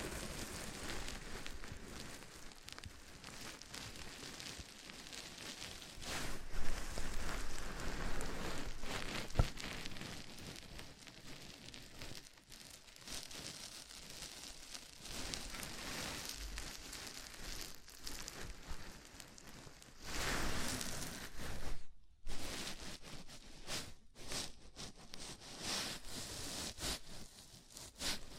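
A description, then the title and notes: Fingers rub through hair in a scalp massage, making a dense, crackling rustle that sounds much like rain pattering. The scratching swells louder around six seconds and again near twenty, and breaks into short pauses just after twenty-two and twenty-four seconds. ASMR Sleepy Scalp Massage (No Talking).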